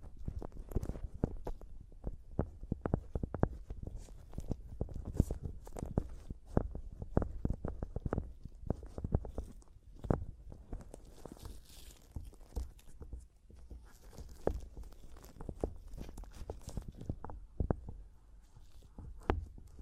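Quick, irregular taps and knocks on a microphone, often several per second, each a short low thud with a brief bright edge. Between them, softer scratching and rubbing fills in, and the tapping eases slightly toward the middle before picking up again.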